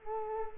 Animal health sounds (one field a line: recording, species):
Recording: mosquito wingbeat signal from an infrared sensor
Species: Culex quinquefasciatus